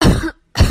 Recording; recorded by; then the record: voluntary cough; messaging app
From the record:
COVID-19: negative